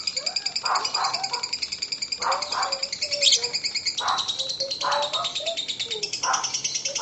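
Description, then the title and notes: Lovebird keeps up a continuous high rapid chatter while lower chirping bursts come in at intervals. Lovebird ngekek song, described as very long, used as kicau pancingan, a bait song to prompt other lovebirds to sing. "Master Kicau Lovebird ngekek, kicau pancingan"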